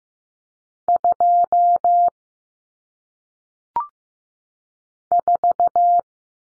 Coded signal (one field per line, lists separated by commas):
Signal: Morse code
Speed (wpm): 15 wpm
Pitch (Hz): 700 Hz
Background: none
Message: 2 4